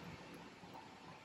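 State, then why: Not seated. A small wiring plug is being lined up by hand to go into the Cue infotainment touchscreen module of a Cadillac XTS. Only a steady, broadband rushing noise with low rumble is heard, with no sharp transients. Nothing has seated or clicked yet.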